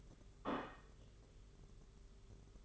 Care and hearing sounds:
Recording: daily activity, microphone in the room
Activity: place plate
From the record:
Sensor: 4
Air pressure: 991.6 hPa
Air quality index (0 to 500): 128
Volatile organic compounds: 38 ppm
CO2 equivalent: 3121 ppm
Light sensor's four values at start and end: 20/65/24/24 and 20/65/24/24

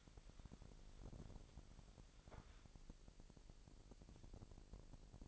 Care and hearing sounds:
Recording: daily activity, microphone in the room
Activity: wipe stove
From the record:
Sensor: 5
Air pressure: 1001.1 hPa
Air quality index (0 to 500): 249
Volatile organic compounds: 35 ppm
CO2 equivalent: 3067 ppm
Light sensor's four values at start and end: 31/70/29/27 and 31/71/29/28

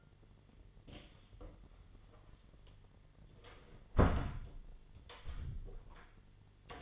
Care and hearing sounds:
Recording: daily activity, microphone in the room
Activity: close door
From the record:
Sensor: 4

